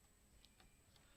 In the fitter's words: So, it's saying push and back until it clicks in, which it does,